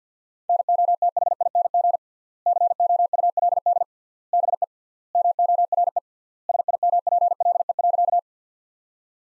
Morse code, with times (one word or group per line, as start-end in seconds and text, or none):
0.5-2.0 NOTHING
2.5-3.8 COULD
4.3-4.6 BE
5.2-6.0 MORE
6.5-8.2 SIMPLE.